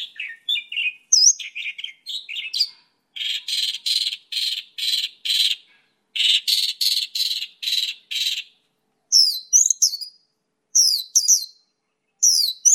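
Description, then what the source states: Bird song: a run of harsh, buzzy repeated notes, followed by sweeping high chirped phrases with short pauses between them. Used for training birds.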